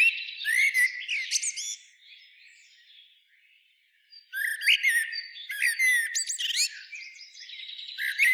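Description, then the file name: Eurasian blackbird with bursts of fluty notes and high squeaky chirps, a near-silent pause midway, then more twittering and whistled notes. "Turdus merula"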